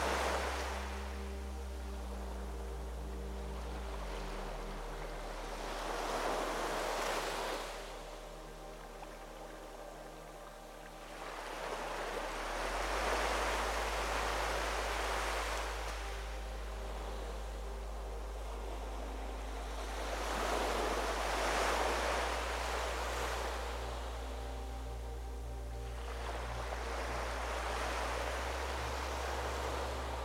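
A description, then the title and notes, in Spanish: Ocean waves surge and recede in slow washes every few seconds, over a soft, steady melody with low sustained notes underneath. Sonido de las OLAS y una MELODÍA Relajante. El sonido cautivador de las olas oceánicas.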